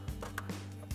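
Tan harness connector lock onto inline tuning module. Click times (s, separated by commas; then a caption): 0.4 s. On a 2019–2022 5.7L RAM 1500, the red plastic locking paddle on the tan harness connector is pushed down with little effort onto the Edge Pulsar inline tuning module. A sharp, bright click at 0.4 s locks the connector in place, with softer bumps around it over a steady low hum. The connector is seated and locked.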